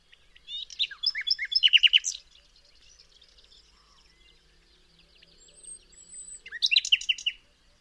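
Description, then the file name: Common nightingale singing two rich phrases of fast chirps and rattling notes, separated by a pause that holds faint thin whistles. "Luscinia megarhynchos"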